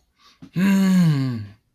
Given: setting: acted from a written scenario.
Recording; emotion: vocal sound without words; anger